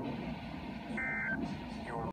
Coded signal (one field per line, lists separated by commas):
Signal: Emergency Alert System (SAME) tones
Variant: end-of-message bursts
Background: speech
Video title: Required Weekly Test | EAS#34 10/9/2019